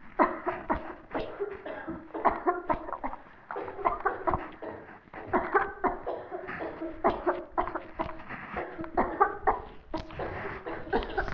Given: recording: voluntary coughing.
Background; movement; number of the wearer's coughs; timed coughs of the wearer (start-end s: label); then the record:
a bystander coughing; sitting; 16
0.17-0.62 s: cough
0.67-1.08 s: cough
2.22-2.67 s: cough
2.67-3.03 s: cough
3.03-3.22 s: cough
3.82-4.24 s: cough
4.24-4.59 s: cough
5.30-5.72 s: cough
5.81-6.06 s: cough
7.02-7.45 s: cough
7.55-7.90 s: cough
7.97-8.31 s: cough
8.95-9.42 s: cough
9.44-9.79 s: cough
9.91-10.07 s: cough
10.90-11.22 s: cough
From the record:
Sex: female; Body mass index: 18.8 kg/m2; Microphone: on the chest, facing the body